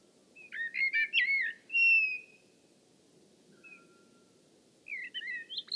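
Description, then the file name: Common blackbird calls: clusters of sharp whistled chirps, a clear drawn-out whistle, then more squeaky notes after a pause; soft background noise. "Turdus merula"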